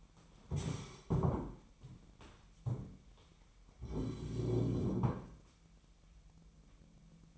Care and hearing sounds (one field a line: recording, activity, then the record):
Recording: daily activity, microphone in the room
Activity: stand up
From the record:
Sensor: 1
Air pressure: 998.6 hPa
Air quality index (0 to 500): 118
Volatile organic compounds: 3 ppm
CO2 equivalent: 1404 ppm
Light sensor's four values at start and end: 8/18/7/9 and 7/18/7/8